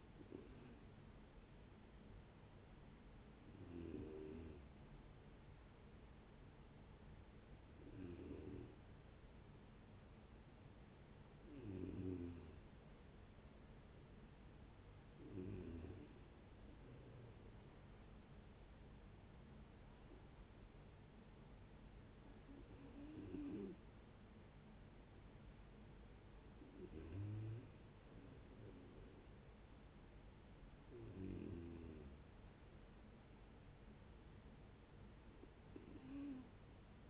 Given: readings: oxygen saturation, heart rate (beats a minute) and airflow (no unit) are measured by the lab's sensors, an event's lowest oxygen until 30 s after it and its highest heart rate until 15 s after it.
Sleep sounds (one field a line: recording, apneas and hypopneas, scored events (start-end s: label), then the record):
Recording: breathing in sleep by a voice recorder at the bedside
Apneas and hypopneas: none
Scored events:
none scored
From the record:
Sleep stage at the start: N3 (deep sleep)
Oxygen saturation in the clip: 90 to 93%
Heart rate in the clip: 70 to 77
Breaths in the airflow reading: 10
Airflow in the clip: -10.9 to 11.0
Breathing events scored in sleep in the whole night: 496 in 5.4 hours asleep